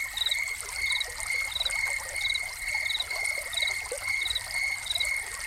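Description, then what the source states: High cricket trill with evenly repeated short chirps, alongside prominent trickling and splashing water. Crickets recorded together with a running fountain.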